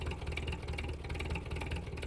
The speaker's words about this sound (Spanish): ¡Ya llegó el carro!